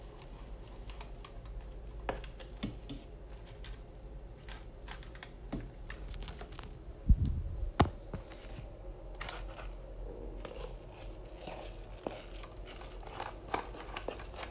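Banana bread being made, heard as scattered light taps, clicks and faint crinkling over a steady low hum. The handling sounds come every second or so, with a heavier thump near seven seconds followed by a sharp click just after.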